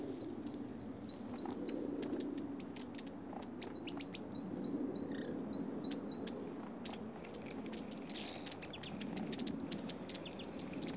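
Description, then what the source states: Bird calls: high chirps and repeated short thin notes, some in quick series, over steady low background noise. Recorded in Oostduinen.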